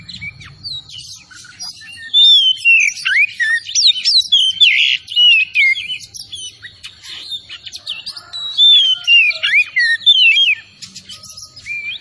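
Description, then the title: Oriental magpie-robin song: loud, varied whistled phrases with rapid rising and falling notes, delivered in bursts with short pauses, and a steady high tone throughout. Singing vigorously (gacor); Tretes type. "Kacer Tretes Gacor"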